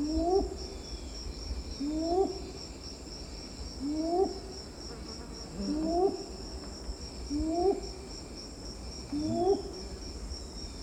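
Red-billed ground cuckoo giving low, rising hooted notes with a faint higher overtone, repeated about every two seconds, over a steady high insect buzz.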